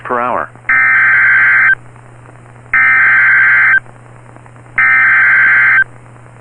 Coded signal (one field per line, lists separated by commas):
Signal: Emergency Alert System (SAME) tones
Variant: header bursts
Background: speech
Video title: EAS #1,895 Online NOAA Weather Radio Severe T’storm Warning #8 5/15/25